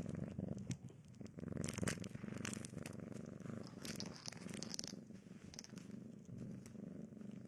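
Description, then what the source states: Cat purr, low and pulsing throughout, overlaid by crinkling and crackling noises in the middle. Domestic cat heard eating, sleeping and playing.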